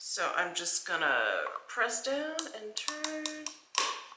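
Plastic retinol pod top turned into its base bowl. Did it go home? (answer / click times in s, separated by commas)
yes / 3.8 s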